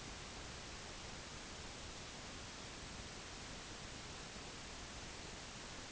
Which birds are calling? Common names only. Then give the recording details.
none. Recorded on Arctic tundra, site UTQI-8, on 8 June 2019. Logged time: 12:00